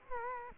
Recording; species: mosquito wingbeat signal from an infrared sensor; Culex quinquefasciatus